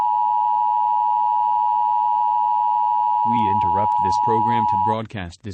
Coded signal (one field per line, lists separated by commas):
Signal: Emergency Alert System (SAME) tones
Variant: 853 and 960 Hz attention tone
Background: speech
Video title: Eas-test2.mp4